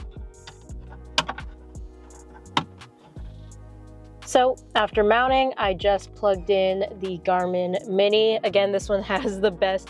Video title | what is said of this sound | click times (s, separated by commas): Easy First Modifications on my New 2024 Tacoma! | same to snap in place and our other little piece | 1.2 s, 2.6 s